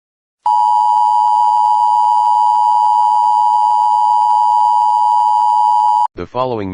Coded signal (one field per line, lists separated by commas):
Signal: Emergency Alert System (SAME) tones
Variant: 853 and 960 Hz attention tone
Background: speech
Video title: How I make EAS Scenarios